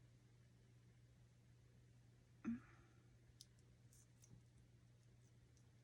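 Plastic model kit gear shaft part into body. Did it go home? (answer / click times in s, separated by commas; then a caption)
no / none. A plastic model kit part is fitted to connect the gear shaft to the body. Over a low steady hum there is a soft knock near 2.5 s and a few faint light ticks afterward. The part just sits there, and nothing has seated or clicked yet.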